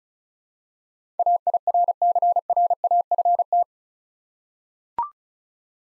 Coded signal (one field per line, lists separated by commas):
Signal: Morse code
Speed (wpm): 36 wpm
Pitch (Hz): 700 Hz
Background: none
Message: AIRCRAFT